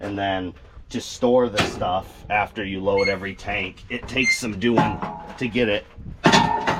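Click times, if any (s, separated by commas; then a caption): 6.3 s. Someone talks while the loading equipment on a sprayer is lifted up into its stowed holder after the tank is loaded. One loud hit at 6.3 s marks it locking into place.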